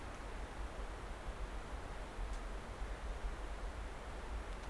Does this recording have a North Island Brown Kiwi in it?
no